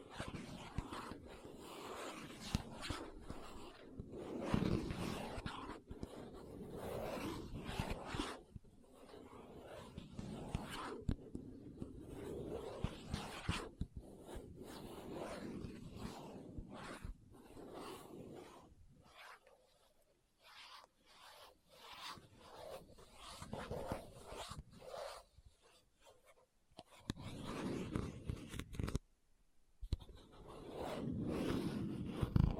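Items are rummaged out of a bag with no talking, a busy run of rustles, crinkles and soft taps that rarely settles. The handling thins out to quieter scattered clicks from about 19 to 26 seconds, drops nearly silent near 29, then returns.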